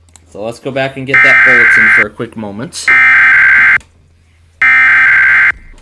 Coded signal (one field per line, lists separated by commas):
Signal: Emergency Alert System (SAME) tones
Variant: header bursts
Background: speech